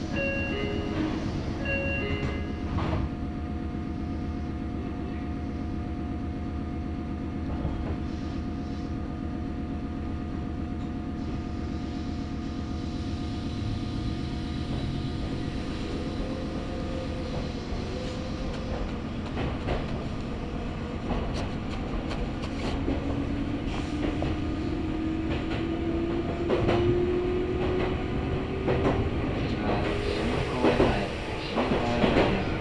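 A local train on the Meitetsu Kakamigahara Line rolls along with a steady low rumble and hum throughout. Faint tones come and go early on, a rising whine builds after about twenty seconds, and sharper clanks and knocks cluster near the end.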